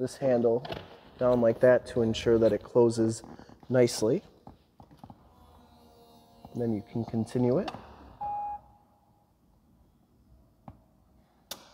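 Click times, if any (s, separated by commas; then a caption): 11.5 s. Someone talks while the latch handle of the power soft top on a Night Race Blue 2013 Chevrolet Corvette 427 Convertible is pushed down and the top is continued toward the windshield header, with a few faint clicks and a short tone along the way. The latch clicks sharply into place at 11.5 s, and the top is seated.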